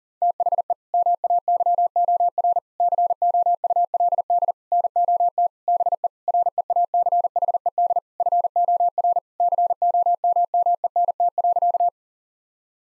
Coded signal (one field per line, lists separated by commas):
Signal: Morse code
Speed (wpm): 40 wpm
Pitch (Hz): 700 Hz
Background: none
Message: THE MAYOR COULD NOT BE REACHED FOR COMMENT.